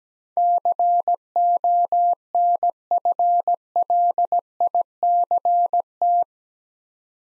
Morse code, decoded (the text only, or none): CONFLICT